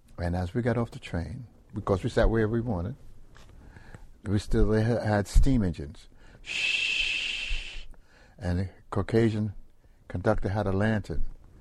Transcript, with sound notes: And as we got off the train—because we sat where we wanted, they had steam engines. [Makes the sound of the steam] And the Caucasian conductor had a lantern,